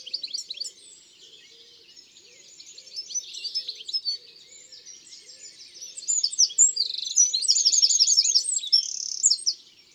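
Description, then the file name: Eurasian wren song: a loud, rapid outpouring of high trills and sharp chattering notes, building to a fast rattling climax in the second half. "Troglodyte mignon ABC des chants doiseaux"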